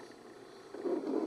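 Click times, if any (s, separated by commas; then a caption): none. The hood of a Dodge Viper sports car is being pushed down and back with a steady motion, not slammed, toward its latches on the car body. A low, steady rumbling noise grows louder from about 0.7 s as the hood moves. Nothing has seated or clicked yet.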